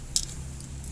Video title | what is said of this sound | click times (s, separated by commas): Bongkar Pasang Mesin Motor Bebek Yamaha Secara Detail Part 2 | sampai mengunci. Artinya penegangnya naik, jadi rantai bebas. | 0.2 s